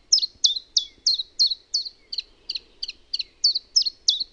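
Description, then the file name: Common chiffchaff singing a brisk run of thin, high, downward-hooked notes, roughly three per second, gently alternating in pitch, over quiet background. Finland. "TILTALTTI"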